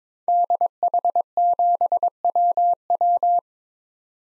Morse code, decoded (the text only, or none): DH7WW